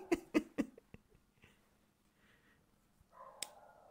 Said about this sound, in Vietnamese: Đấy bạn bạn có nghe thấy tiếng chó sủa không bạn này? Đấy, bên ngoài con chó nó sủa đấy.